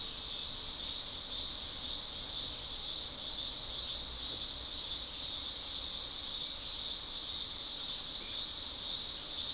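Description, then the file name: Insect chorus droning on without pause, high shrill bands holding steady in level, over soft low background noise. "mainly insect"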